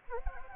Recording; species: mosquito wingbeat signal from an infrared sensor; Anopheles gambiae